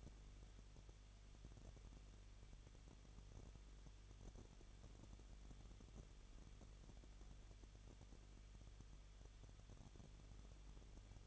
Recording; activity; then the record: daily activity, microphone in the room; no activity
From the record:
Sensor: 4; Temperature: 23.0 degrees Celsius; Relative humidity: 34.3%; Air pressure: 1007.3 hPa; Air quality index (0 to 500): 217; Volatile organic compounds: 15 ppm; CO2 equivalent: 2515 ppm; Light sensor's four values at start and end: 2/3/1/1 and 2/3/1/1